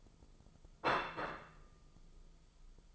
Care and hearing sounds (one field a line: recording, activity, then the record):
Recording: daily activity, microphone in the room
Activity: place plate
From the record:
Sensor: 5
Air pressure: 995.4 hPa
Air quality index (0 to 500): 87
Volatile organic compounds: 4 ppm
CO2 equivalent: 1618 ppm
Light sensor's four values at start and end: 24/58/22/21 and 24/58/22/21